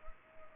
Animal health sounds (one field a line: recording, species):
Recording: mosquito wingbeat signal from an infrared sensor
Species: Culex pipiens